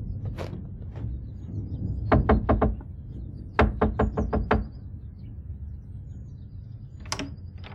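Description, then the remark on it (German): Someone raps on a door with two quick bursts of sharp knocks, first four, then a slightly longer run of about six, over a low steady background hum with no talking. “Hier, die Tür.”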